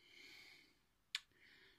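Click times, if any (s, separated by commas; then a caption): 1.2 s. After the screw-down crown of a Loreo 200m dive watch has been unscrewed, the metal crown is pulled outward from the watch case with a positive spring action. A single sharp click at 1.2 s marks the crown coming out to its time-setting position, the second of its two click positions, with a soft hiss before and after.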